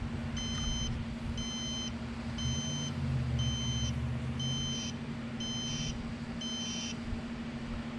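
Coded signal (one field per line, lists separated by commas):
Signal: beep code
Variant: rocket altimeter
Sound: seven evenly spaced high beeps, each about half a second, over a low hum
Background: low electrical hum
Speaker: nine two three four five six yep 9.6 volts so there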